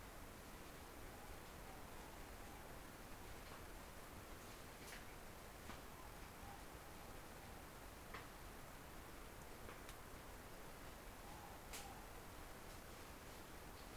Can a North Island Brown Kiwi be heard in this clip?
no